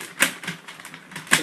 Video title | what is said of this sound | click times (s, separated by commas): Galaxy Force Optimus Prime MSL Review | down and it's all locked into place and then you have him in his fire | 0.2 s, 1.3 s